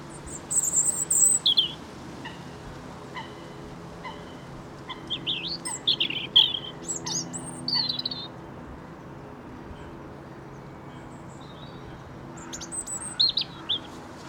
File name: Robin Song